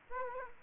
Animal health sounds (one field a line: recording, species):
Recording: mosquito wingbeat signal from an infrared sensor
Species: Aedes aegypti